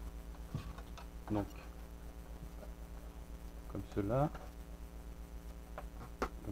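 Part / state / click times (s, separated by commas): plastic toy piece into toy ship hull / seated / 5.8 s, 6.2 s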